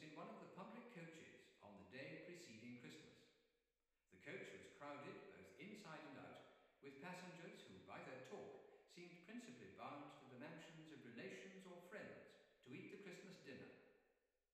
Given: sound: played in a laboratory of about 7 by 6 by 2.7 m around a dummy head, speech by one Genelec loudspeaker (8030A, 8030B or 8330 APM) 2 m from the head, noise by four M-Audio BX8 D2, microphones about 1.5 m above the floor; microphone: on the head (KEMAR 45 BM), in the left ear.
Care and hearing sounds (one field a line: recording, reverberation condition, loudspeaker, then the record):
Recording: male speech in English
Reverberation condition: high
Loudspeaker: 150 degrees to the left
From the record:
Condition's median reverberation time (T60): about 1300 ms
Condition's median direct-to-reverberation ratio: about -4.0 dB